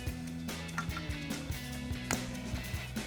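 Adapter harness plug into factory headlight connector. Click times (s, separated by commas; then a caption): 2.1 s. The plastic plug of an LED headlight adapter harness (Raxiom Axial Series 7-inch LED headlights) is pressed into the factory headlight connector of a Jeep Wrangler JK, with music playing in the background. A sharp click is heard at 2.1 s as the plug seats, and the red locking tab is then pressed down.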